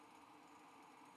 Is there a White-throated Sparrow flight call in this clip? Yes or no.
no